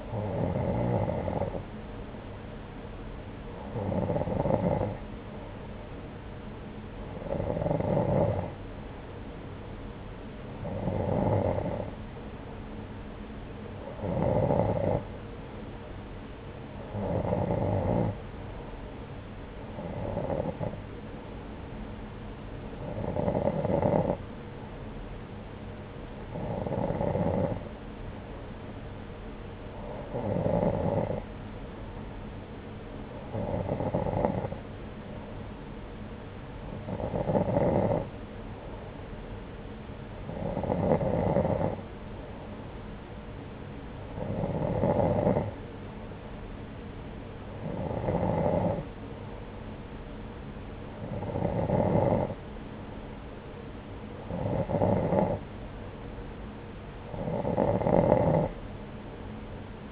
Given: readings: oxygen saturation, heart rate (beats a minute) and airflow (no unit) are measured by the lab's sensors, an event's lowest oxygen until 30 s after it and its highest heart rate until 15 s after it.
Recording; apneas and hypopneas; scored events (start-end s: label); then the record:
breathing in sleep by a voice recorder at the bedside; none
none scored
From the record:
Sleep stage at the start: N2 (light sleep); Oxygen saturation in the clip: 90 to 91%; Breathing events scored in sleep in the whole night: 303 in 8.1 hours asleep